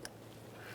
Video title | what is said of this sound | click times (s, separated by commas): How to Replace Horn 2006-2012 Ford Fusion | listen for our click give it a tug to make sure it's completely secure | 0.1 s